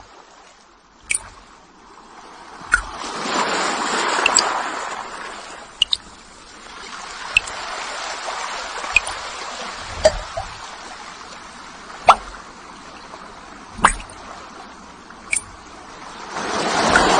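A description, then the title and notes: Falling water ticks crisply in sharp, separate drops, landing roughly every one to two seconds, at about 1, 3, 6, 7.5, 10, 12, 14 and 15.5 seconds. Behind them a soft, hissing wash of water swells and fades in slow waves, rising again strongly at the very end. The crisp ticking of the falling water and the waves of the water falling one by one.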